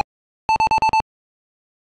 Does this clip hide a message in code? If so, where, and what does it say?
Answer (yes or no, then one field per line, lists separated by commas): no